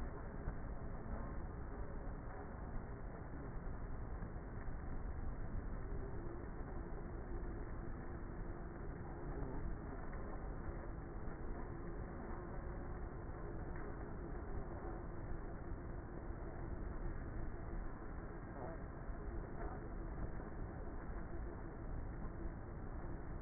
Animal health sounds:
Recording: honeybee colony, microphone inside the hive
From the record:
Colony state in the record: queenless with a low population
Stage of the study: before two queens were removed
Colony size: about 30,000 bees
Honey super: no

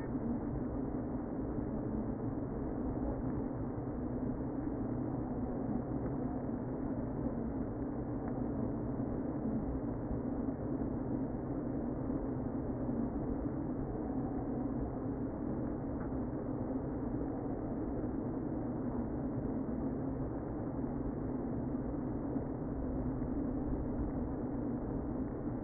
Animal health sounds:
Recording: honeybee colony, microphone inside the hive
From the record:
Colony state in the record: queen present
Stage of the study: before two queens were removed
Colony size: about 60,000 bees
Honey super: yes

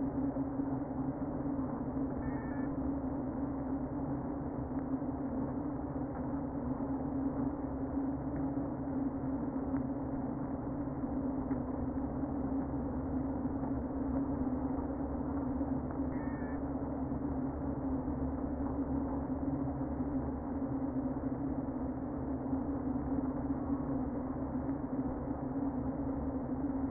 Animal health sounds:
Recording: honeybee colony, microphone inside the hive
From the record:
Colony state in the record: queen present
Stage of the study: before two queens were removed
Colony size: about 60,000 bees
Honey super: yes

